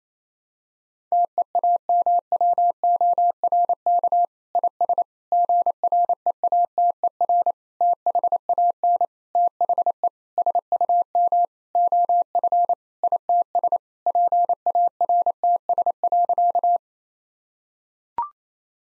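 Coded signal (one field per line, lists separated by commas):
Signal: Morse code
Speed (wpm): 27 wpm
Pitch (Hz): 700 Hz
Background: none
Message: TEAMWORK IS GREATER THAN THE SUM OF ITS PARTS.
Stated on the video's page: Morse drill at 28 wpm: sentences with common seven-word phrases, first words spoken, sent, spoken, then sent again for head-copy.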